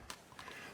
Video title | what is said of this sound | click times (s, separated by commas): Shark HydroVac MessMaster WD161 Corded Vacuum & Mop REVIEW | put the lid back on, push it in until it clicks into place. | 0.1 s, 0.4 s